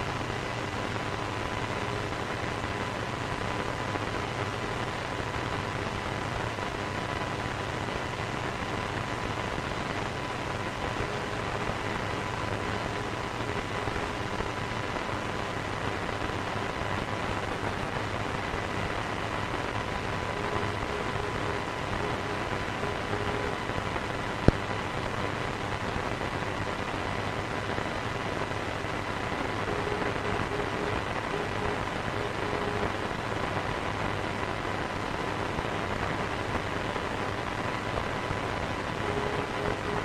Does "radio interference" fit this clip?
yes